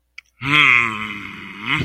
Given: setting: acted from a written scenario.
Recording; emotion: vocal sound without words; anger